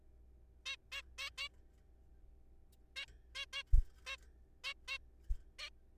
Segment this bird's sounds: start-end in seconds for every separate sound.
0.66-0.76, 0.92-1.02, 1.18-1.30, 1.38-1.48, 2.96-3.05, 3.35-3.45, 3.53-3.63, 4.07-4.17, 4.64-4.74, 4.88-4.98, 5.59-5.69